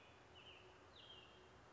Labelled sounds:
American Robin
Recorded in Sonoma County, California

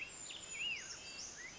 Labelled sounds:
Brown Creeper
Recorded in Sonoma County, California

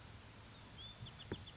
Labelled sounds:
Bewick's Wren
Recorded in Sonoma County, California

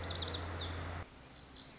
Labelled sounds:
Lazuli Bunting
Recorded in Sonoma County, California

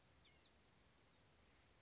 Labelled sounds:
Blue-gray Gnatcatcher
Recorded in Sonoma County, California

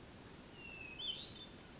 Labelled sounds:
Hermit Thrush
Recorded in Sonoma County, California

